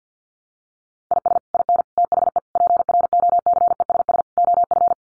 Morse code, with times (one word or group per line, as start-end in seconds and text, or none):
1.1-1.4 IS
1.5-1.8 IN
2.0-2.4 THE
2.6-4.2 PROCESS
4.4-4.9 OF